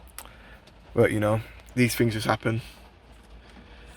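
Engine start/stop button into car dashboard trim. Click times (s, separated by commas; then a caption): 0.2 s. The original plastic engine start/stop button of a BMW F32 is pushed back into its dashboard trim opening after a red replacement button did not fit, and it clicks into place at 0.2 s. A man then talks from about 1.0 s to 2.6 s.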